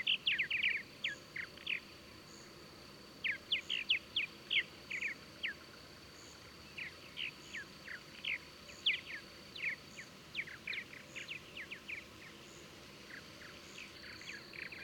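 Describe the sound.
Birds twittering in clusters of rapid downslurred chirps, broken by a brief lull near the middle, with faint rhythmic high pulses and a thin steady whine behind.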